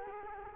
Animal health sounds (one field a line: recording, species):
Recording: mosquito wingbeat signal from an infrared sensor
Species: Culex quinquefasciatus